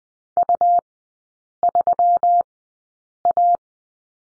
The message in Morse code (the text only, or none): U3A